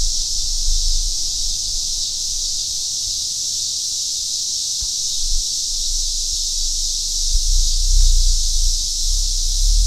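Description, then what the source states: Eastern scissor grinder chorus, a continuous shrill buzzing wash with no breaks, over low rumbling wind-like noise that swells near the end. A chorus of cicadas.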